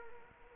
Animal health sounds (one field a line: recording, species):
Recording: mosquito wingbeat signal from an infrared sensor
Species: Anopheles arabiensis